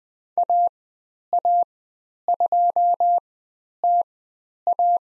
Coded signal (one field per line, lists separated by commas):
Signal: Morse code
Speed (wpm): 20 wpm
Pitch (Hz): 700 Hz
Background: none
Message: AA2TA